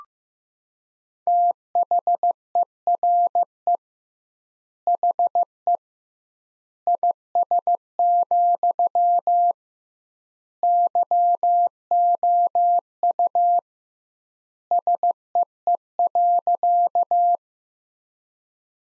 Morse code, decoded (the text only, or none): THERE HE IS, YOU SEE.